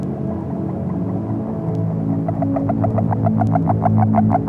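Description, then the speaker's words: Agile frog call: a run of soft, rapid pulsed notes starting partway through and growing louder toward the end, over a steady low hum. "La grenouille agile sort également assez tôt dans l'année. Si, d'aspect, elle ressemble beaucoup à la grenouille rousse, son chant, quant à lui, est un peu différent."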